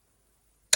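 A torque wrench tightening a wheel nut on a 4x4's wheel hub during a wheel rotation, set to 150 or 180 newton-metres and tightened in a star pattern. Near silence is followed by one sharp, loud click at 0.7 s as the wrench reaches its setting.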